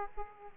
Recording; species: mosquito wingbeat signal from an infrared sensor; Aedes aegypti